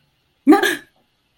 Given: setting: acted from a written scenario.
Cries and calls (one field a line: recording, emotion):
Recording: vocal sound without words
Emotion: negative surprise